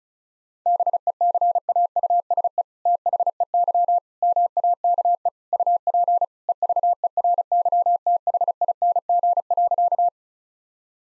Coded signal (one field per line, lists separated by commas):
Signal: Morse code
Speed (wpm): 36 wpm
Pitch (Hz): 700 Hz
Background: none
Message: BECAUSE THEY MAKE UP EVERYTHING.